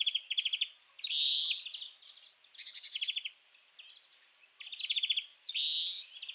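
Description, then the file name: European greenfinch song alternating short ringing trills with two long, rising, buzzy wheezes, separated by brief pauses. "Chloris chloris"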